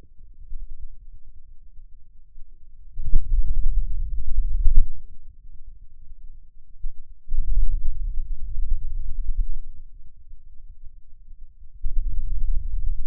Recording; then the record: forearm muscle sounds (acoustic myography)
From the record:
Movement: hand opening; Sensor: system 2, bracelet of six BSWA MPA416 microphones around the upper forearm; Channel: 1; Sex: male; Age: 22 years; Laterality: right